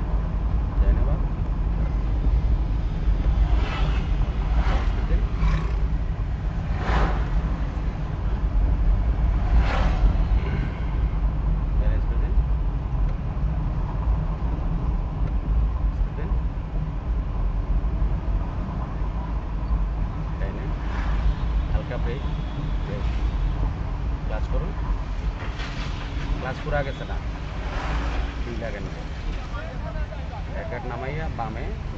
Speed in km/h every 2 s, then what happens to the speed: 38, 34, 33, 30, 29, 27, 28, 29, 27, 28, 28, 27, 30, 29, 29, 22.
0-10 slows to 27. 10-28 steady at about 28. 28-32 slows to 22.